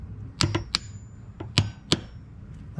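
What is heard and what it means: A torque wrench set to 18 ft-lb tightens the steel fill plug on the manual transmission case of a 2008 Mustang Bullitt during a fluid drain and fill. Several sharp metallic hits ring out near 0.4, 0.5, 0.8, 1.6 and 1.9 seconds, and the wrench's click at 1.9 seconds marks the plug reaching 18 ft-lb.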